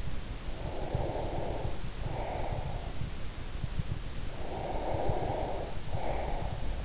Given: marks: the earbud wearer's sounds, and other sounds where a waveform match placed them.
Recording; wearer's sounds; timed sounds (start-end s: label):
sounds in sleep by an in-ear microphone; breath
0.52-3.01 s: breath
4.27-6.84 s: breath